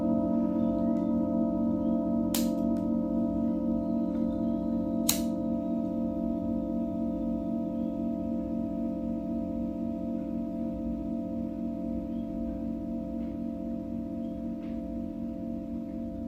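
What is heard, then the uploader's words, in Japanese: A singing bowl rings with a steady, low hum that sustains through the whole clip, several pure overtones held above it and fading only slightly. Two brief clicks or taps cut through near two and five seconds. メキシコから シンギングボウルのサウンドヒーリング。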